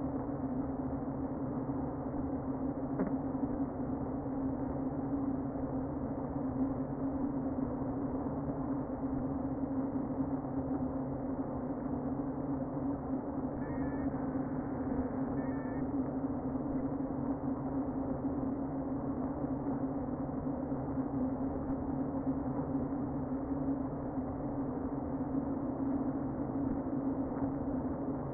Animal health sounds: honeybee colony, microphone inside the hive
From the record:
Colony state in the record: queen present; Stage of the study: before two queens were removed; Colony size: about 60,000 bees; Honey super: yes

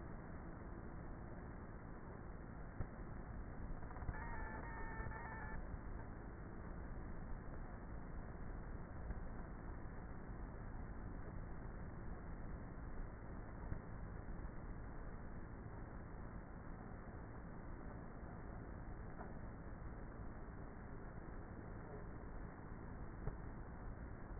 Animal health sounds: honeybee colony, microphone inside the hive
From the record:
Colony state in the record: queenless with a low population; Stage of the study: before two queens were removed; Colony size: about 30,000 bees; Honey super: no

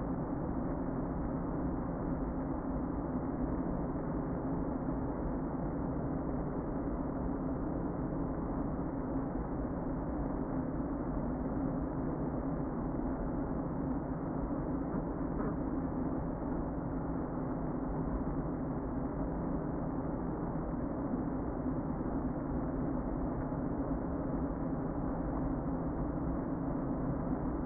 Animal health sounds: honeybee colony, microphone inside the hive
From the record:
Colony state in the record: queen present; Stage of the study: before two queens were removed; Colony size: about 60,000 bees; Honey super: yes

